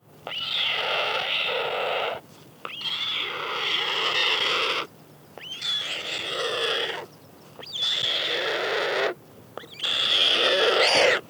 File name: Weissstorch Bettellaute Jungvogel